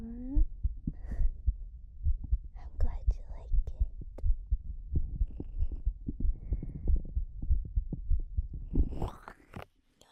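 Muffled, steady low thumping runs throughout an adult woman's belly, heard close up, with a short gurgling squeal that rises and falls near the start and a rushing burst at the end. These are bowel sounds: gas and fluid moving through the gut during digestion.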